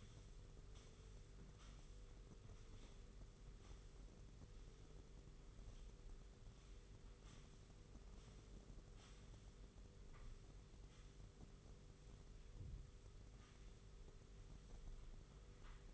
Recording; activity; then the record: daily activity, microphone in the room; sweep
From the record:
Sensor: 4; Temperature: 27.3 degrees Celsius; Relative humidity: 40.1%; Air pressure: 991.3 hPa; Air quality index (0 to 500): 158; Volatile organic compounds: 127 ppm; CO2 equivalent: 3911 ppm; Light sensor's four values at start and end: 24/77/29/30 and 24/78/29/30